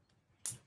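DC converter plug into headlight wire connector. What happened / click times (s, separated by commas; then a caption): The wire connector snapped into place / 0.5 s. A DC converter plug on an MBZ Moto Tuttio headlight kit for a Tuttio Soleil is pushed onto the headlight wire connector. After a quiet lead-in, one sharp, bright snap sounds at 0.5 s and fades quickly. The connector is seated.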